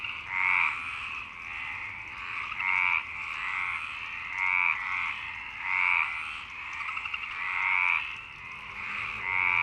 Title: Marseille, Provence-Alpes-Côte d'Azur, France - 26_03_11_19_35 Longchamps grenouilles